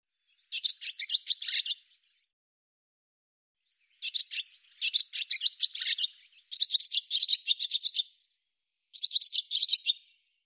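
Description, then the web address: Bird calling in dense, buzzy bursts of quick chirps, one burst, then a pause of about two seconds, then four more bursts in close succession. Background otherwise silent. "cianscape birddata Deverinetal 2025"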